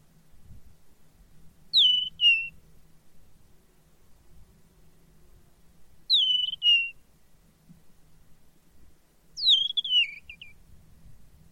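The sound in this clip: Bird calls: paired downslurred whistles repeated roughly every four seconds, the last phrase a little longer with extra trailing notes.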